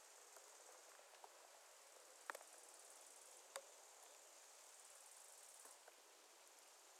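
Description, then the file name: Bush-cricket song, a faint steady high-pitched hiss running without pause, with a few scattered clicks and taps. Recorded at a roadside in Germany. "Bord De Route Allemagne Sauterelles"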